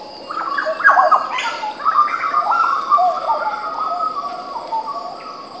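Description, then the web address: Birds calling together in a busy chorus of overlapping whistles, chirps and warbled notes, with a steady high buzzing hum running underneath throughout. Jungle ambience of birds. "Zero-G Ambient 1 JUNGLE BIRDS JUNGLEBIRDS"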